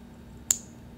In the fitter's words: you're going to want to grab your new band line it straight up and you're going to hear it click ready